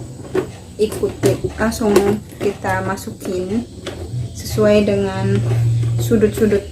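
A plastic lid corner is being fitted into the corners of a folding plastic shoe box while someone talks throughout. Nothing has seated or clicked yet; the clip ends just before the lid corner goes home.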